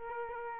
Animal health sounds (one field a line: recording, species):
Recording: mosquito wingbeat signal from an infrared sensor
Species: Aedes aegypti